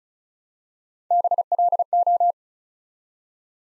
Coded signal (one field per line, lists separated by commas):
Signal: Morse code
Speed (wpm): 36 wpm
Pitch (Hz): 700 Hz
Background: none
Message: BLO